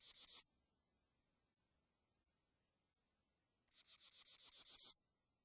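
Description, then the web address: Broad-winged bush katydid giving a brief pulsed rasp, then after a silent pause a run of about a dozen dry, ticking pulses lasting over a second. "The Songs of Insects. Broad-winged Bush Katydid"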